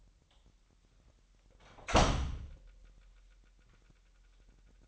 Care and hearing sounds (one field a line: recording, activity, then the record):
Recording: daily activity, microphone in the room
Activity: close door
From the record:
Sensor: 3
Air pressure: 998.3 hPa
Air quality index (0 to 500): 145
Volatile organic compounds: 5 ppm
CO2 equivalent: 1737 ppm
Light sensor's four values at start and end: 15/45/18/17 and 15/45/18/17